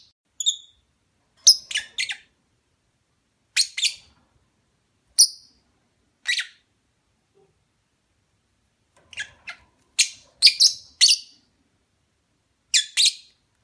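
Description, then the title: Lovebird uttering short shrill chirps in loose groups, a quiet gap midway, then a quicker flurry of squeaky notes. Lovebird mating call, used as a lure. "Suara Lovebird Kawin Untuk Pancingan"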